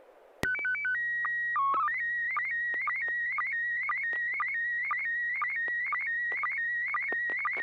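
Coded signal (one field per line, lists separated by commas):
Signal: SSTV (slow-scan television)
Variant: PD 120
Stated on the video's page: SSTV images exchanged on a weekly amateur net via an FM repeater on 441.300 MHz in Sacramento, sent with MMSSTV software.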